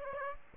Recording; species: mosquito wingbeat signal from an infrared sensor; Aedes aegypti